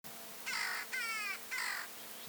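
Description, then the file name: Carrion crow cawing, three harsh, hoarse caws in about two seconds, each slightly falling in pitch, over a faint steady hum. "Corvus corone"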